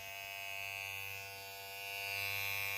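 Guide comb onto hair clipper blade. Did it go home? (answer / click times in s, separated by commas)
no / none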